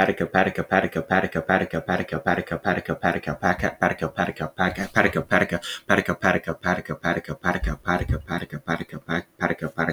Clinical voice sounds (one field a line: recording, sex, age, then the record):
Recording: repeated syllables /pa ta ka/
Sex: male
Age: 20 to 29 years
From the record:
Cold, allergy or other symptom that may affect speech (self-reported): no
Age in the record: 24 years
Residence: Texas, United States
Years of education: 16